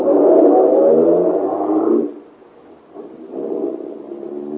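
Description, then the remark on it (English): A car engine roars loudly with a harsh, throaty hum for about two seconds, then dips briefly before settling into a steadier, quieter drone as it pulls away. “You're almost jubilant as you run to your car, tell Helene the good news, and step on the gas.”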